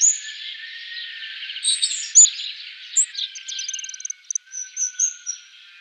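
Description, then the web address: Little swift calls: shrill, high twittering trills and chattering in uneven bursts, with sharp piercing notes throughout. "Schulze Peter Little Swift"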